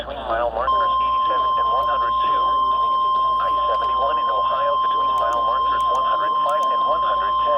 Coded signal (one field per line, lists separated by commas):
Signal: Emergency Alert System (SAME) tones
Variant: 1050 Hz attention tone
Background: speech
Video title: EAS/NWR Alert or message #319-320: Two Severe Thunderstorm Warnings